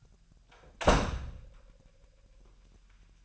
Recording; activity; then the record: daily activity, microphone in the room; close door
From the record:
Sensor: 2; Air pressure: 998.3 hPa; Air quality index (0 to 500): 139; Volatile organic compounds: 4 ppm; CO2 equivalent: 1571 ppm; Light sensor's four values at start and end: 12/34/14/13 and 12/34/14/13